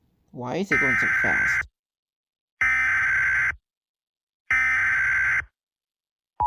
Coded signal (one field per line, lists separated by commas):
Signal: Emergency Alert System (SAME) tones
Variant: header bursts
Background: speech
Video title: Doodle Kaden reacts to harclaus eas scenario by @C_T_C09Official (Watch till the end)